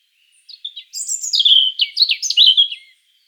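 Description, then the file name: European robin song: one rich phrase of thin high whistles and quick tumbling warbles. "Erithacus rubecula"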